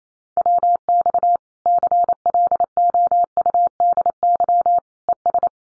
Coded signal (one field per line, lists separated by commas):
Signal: Morse code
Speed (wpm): 28 wpm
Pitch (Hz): 700 Hz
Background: none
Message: WX CLOUDY ES